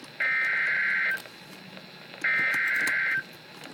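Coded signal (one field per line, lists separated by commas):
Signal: Emergency Alert System (SAME) tones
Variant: header bursts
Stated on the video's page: Real EAS alert.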